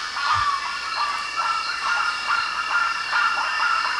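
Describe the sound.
Bird calls, repeated nasal notes with short whistled slurs over a steady background hum.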